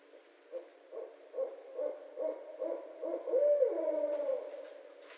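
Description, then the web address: Barred owl calling, a series of short evenly spaced hoots rising into a longer, drawn-out wavering hoot that slides downward at the end. Recorded on 26 February 2012. "Barred Owl 2012 02 26"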